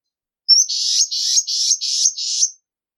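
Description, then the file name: Serra antwren song: a short thin whistle-like note leading into five evenly spaced buzzy, scratchy high notes, clean with no other sounds. "canto da choquinha da serra"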